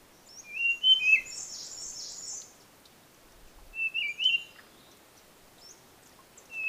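Blue-fronted robin giving short whistled phrases with a slurred, dipping ending about three seconds apart, with a higher, buzzy, wavering phrase after the first.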